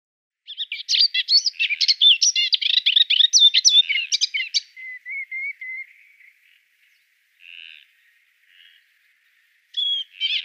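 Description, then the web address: Moustached warbler song: a rapid, varied chattering phrase of scratchy and whistled notes, then a run of soft level whistles, fading before a new chattering burst begins. "Schulze Peter Moustached Warbler song"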